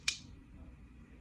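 A REATE EXO-K gravity knife's blade is folded back into its handle and locks closed with one sharp, bright snap at 0.1 s. Only a faint low rumble follows, and the blade is seated in the handle lock.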